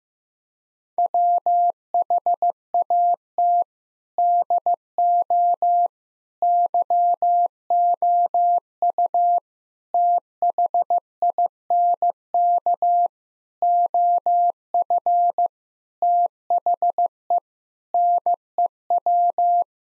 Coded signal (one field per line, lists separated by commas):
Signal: Morse code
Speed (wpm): 15 wpm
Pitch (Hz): 700 Hz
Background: none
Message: WHAT DO YOU THINK OF THE NEW